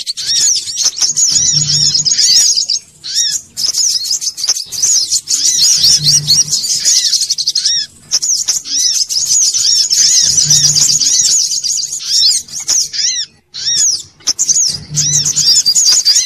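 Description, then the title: Little spiderhunter song: dense, high, rapid chirping and twittering with repeated arched notes, in bursts separated by short pauses. Masteran recording, used to train cage birds to sing. "Masteran Burung Sogok Ontong Labaik"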